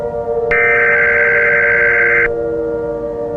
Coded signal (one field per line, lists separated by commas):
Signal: Emergency Alert System (SAME) tones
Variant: header bursts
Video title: (VALID EAS TONES) 3/11/11 Tsunami EAS Recreation